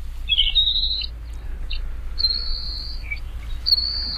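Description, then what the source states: Saltmarsh Sparrow song, thin hissing high buzzes given in short bursts with soft ticks between, over a steady low rumble. Small stocky songbird restricted to salt marshes of the Atlantic and upper Gulf coasts; rising water levels threaten its nesting territories.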